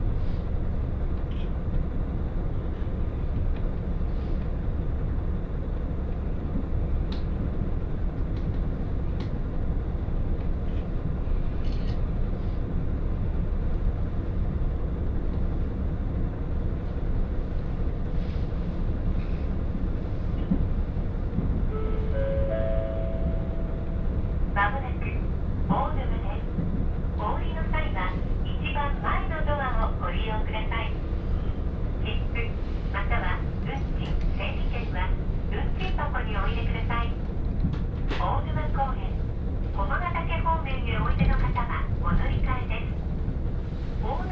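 Steady low rumble of a train ride on the Hakodate Main Line; a rising tone near 22 seconds, then voices talking over the noise.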